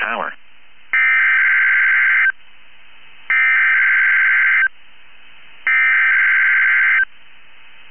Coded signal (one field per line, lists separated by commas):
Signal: Emergency Alert System (SAME) tones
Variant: header bursts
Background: speech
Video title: 4/27/22 BOX RWT ON KEC73 EAS #178